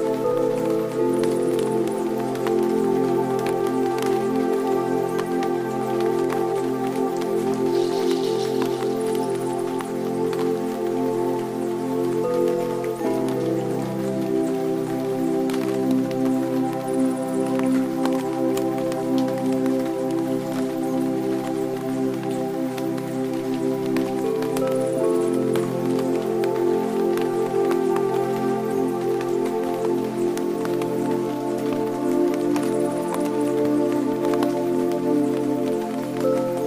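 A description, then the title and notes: Rain falls steadily on a tent, a dense, even patter at constant loudness throughout. Beneath it, soft sustained tones hold low and middle notes, shifting chords slowly around 13 and 25 seconds, with faint bright chimes recurring every few seconds. Calming Tones with Peaceful Rain Falling on Tent. Meditation music and nature sounds.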